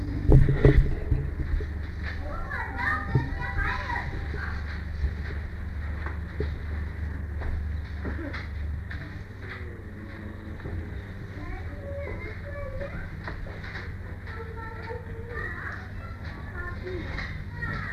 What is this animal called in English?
Tiger